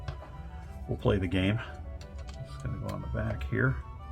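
A plastic Lego Speed Champions piece is handled at the back of a 1970 Dodge Charger R/T model (set 76912) while someone talks over background music, with a few faint light ticks from the handling. The piece has not seated or clicked into place yet.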